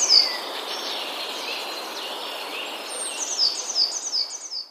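Eurasian blue tit singing: one sharp high note opens, then a later rapid series of thin, descending notes over gentle background noise.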